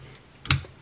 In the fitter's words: one till you hear the snap button and then